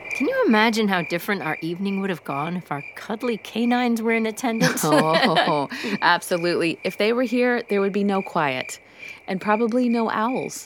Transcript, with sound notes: Can you imagine how different our evening would have gone if our cuddly canines were in attendance?
(chuckles) Oh, absolutely. If they were here, there would be no quiet and no owls.